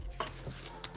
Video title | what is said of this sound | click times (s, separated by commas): BMW N52 Intake Manifold Removal & CCV Replacement | you can hear it just snaps in nicely | 0.2 s, 0.8 s